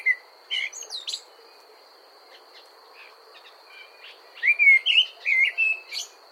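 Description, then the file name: Common blackbird song: a short low fluted phrase with a high squeaky flourish, a pause, then a longer run of mellow warbled notes ending in thin twittering, over a steady high hiss. "Amsel Gesang"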